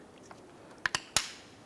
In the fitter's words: and you hit snap into places two little tabs one here one over here that'll lock into